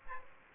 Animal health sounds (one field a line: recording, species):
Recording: mosquito wingbeat signal from an infrared sensor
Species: Aedes aegypti